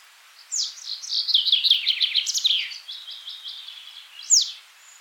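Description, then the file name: Great tit chattering call: a dense burst of rapid notes for about two seconds that trails off, then a single sharp downward-swept note near the end. "Parus major"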